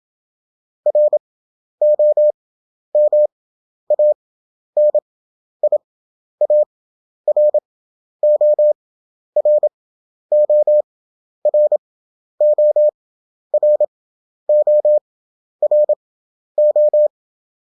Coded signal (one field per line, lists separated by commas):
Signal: Morse code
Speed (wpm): 27 wpm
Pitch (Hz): 600 Hz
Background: none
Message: ROMANIA RO RO RO RO RO